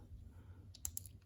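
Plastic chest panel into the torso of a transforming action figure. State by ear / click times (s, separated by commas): seated / 0.8 s, 1.0 s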